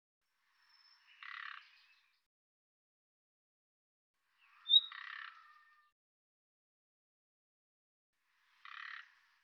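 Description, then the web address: Bird calls: three separate buzzy, rasping bursts spaced a few seconds apart, two opening with a brief high thin whistle, in otherwise silent surroundings. "Deverinetal 2025"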